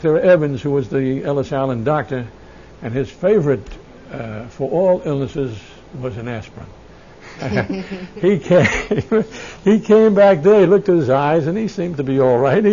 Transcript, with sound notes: Evans, who was the Ellis Island doctor, and his favorite for all illnesses was an aspirin. ( they laugh ) He came back there, he looked at his eyes, and he seemed to be all right.